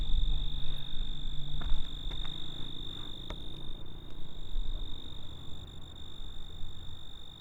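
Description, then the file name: Cricket singing a constant unbroken high-pitched trill, with low background rumble and a few faint clicks. "Grillo (Cricket)"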